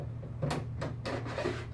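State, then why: Not seated. A second power supply module is handled and pushed toward its bay in a Cisco 9300 network switch chassis, with scraping and sliding noises and brief knocks around 0.5 s, 1.1 s, and 1.8 s. The clip ends before the part goes home, so nothing has seated or clicked yet.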